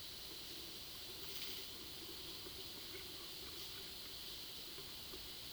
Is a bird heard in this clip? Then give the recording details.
no. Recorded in pastures near Puerto Asís, Putumayo, Colombia, on 19 February 2024 at 12:00. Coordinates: 0.497, -76.327. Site G7276